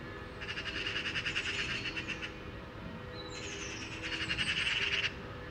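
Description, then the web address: Eurasian magpie chattering in two harsh rattles separated by a brief pause. "SETE data Pica pica"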